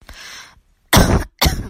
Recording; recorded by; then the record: voluntary cough; messaging app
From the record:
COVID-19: negative